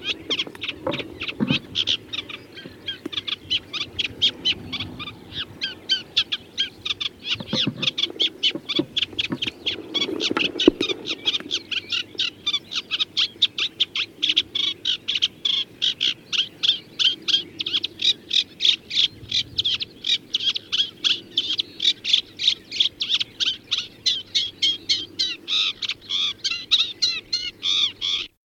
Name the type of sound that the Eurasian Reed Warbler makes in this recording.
song